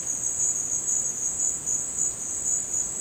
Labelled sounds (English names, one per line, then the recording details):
none
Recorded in dense forest near Puerto Asís, Putumayo, Colombia, on 23 June 2025 at 16:00
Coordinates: 0.484, -76.317
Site G045